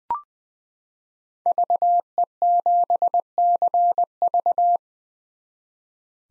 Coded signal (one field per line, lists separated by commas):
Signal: Morse code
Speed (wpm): 20 wpm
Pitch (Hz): 700 Hz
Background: none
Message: VE7CV